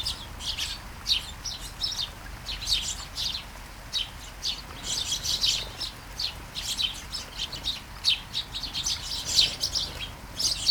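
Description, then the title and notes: Sparrows chirping on and off, uneven bursts of short high notes from several birds over a soft constant hiss. Flying sparrows in a garden, early morning, during light shower, Taastrup, Denmark; recorded with Sony PCM-D100 internal mics. "Kærengen 8, 2630 Taastrup, Denmark - Flying sparrows. Flying sparrows in the garden, early morning. Light shower. Vols de moineaux dans le jardin, au petit matin. Pluie fine"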